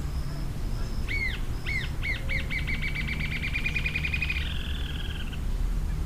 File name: Green tailed jacamar